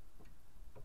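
During a brake pad replacement on the right side of a Dodge Neon, a metal brake pad or its clip is being pressed into the caliper bracket. Faint ticking handling noises come around 0.2–0.3 s, with a sharper tick at 0.8 s over a low background hum. Nothing has seated or clicked into place yet.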